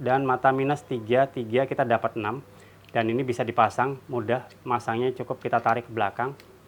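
A man talks while handling a metal Phillips or flat screwdriver bit, fitting it into the bit holder of a multi-bit screwdriver by pulling the collar back. Only his speech is heard, with no click or impact sounds. The bit has not seated or locked in yet when the clip ends.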